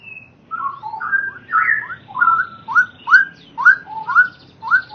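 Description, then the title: Oriental magpie-robin singing a series of clear upslurred whistles, repeated about twice a second after a short varied opening phrase. "Kicau Kacer"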